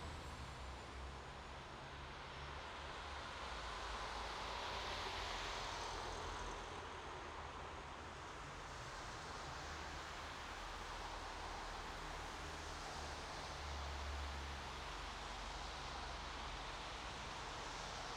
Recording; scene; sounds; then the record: everyday scene through a hearing-aid microphone; in traffic; traffic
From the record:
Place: bus stop on a city main road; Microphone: in the ear canal, right